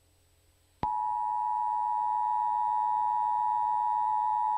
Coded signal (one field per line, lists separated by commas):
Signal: Emergency Alert System (SAME) tones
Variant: 853 and 960 Hz attention tone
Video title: EAS Mock:Ya Like Jazz?